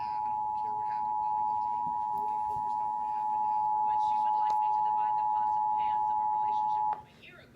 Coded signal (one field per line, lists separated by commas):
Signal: Emergency Alert System (SAME) tones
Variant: 853 and 960 Hz attention tone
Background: speech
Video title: 2018 National Periodic Test: KTXA (EAS #298)